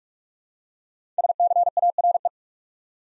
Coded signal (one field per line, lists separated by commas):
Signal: Morse code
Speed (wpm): 44 wpm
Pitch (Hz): 700 Hz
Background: none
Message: SCARE